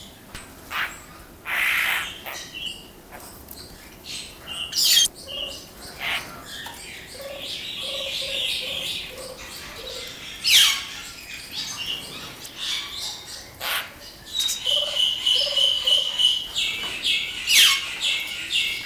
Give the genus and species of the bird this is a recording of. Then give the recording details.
Streptocitta albicollis. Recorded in captivity. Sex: pair. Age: adult. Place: Zoo Berlin, Berlin, DE. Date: 1997-01-26 17:00. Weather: heiter, 3°C. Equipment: Nagra SN, Kopie Uher 4000 Report Monitor. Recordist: Tembrock, Günter